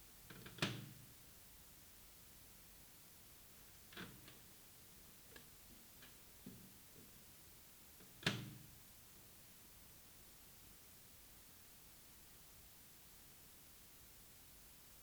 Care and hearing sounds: daily activity, guitar pickup as the sensor; use microwave

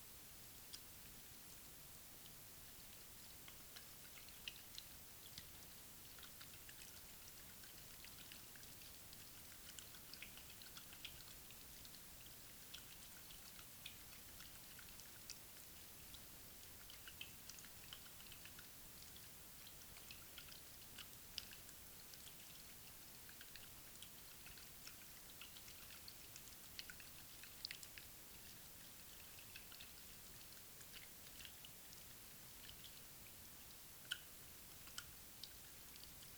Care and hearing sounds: daily activity, guitar pickup as the sensor; wash hands

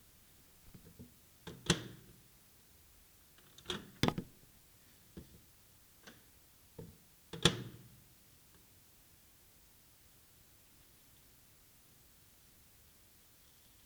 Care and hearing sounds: daily activity, guitar pickup as the sensor; use microwave

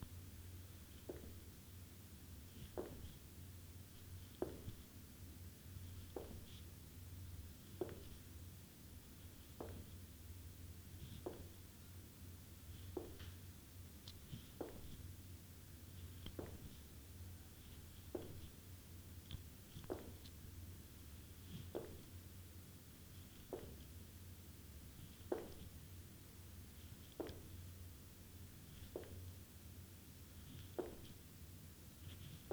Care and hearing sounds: daily activity, guitar pickup as the sensor; jump

